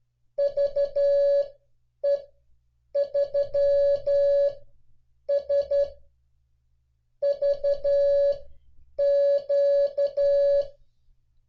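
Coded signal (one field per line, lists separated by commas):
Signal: Morse code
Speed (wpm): 13 wpm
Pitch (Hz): 560 Hz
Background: none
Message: VE3SVQ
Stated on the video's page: Morse call sign copying practice using real North American call signs from a 1991 log.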